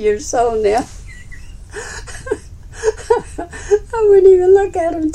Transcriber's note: laughs